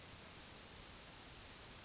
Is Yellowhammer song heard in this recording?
no